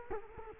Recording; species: mosquito wingbeat signal from an infrared sensor; Culex quinquefasciatus